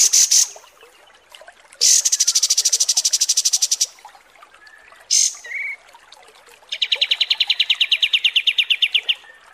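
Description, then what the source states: Kapas tembak song: several bursts of fast, high buzzy trills with brief gaps, the last one lower and longer. Masteran training recording of kapas tembak song.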